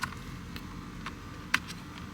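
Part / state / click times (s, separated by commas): alarm module wiring harness connector into vehicle harness connector / seated / 1.5 s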